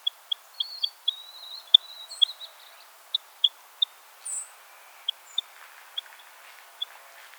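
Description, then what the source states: Purple finch calling, sharp short high chips repeated irregularly, several close together then spaced out, with a few thin sweeping notes and faint background hiss. Subspecies Haemorhous purpureus purpureus.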